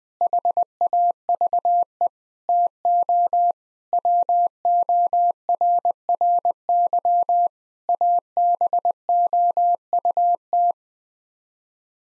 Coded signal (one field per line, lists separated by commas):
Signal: Morse code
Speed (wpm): 20 wpm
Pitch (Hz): 700 Hz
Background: none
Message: HAVE TO WORRY ABOUT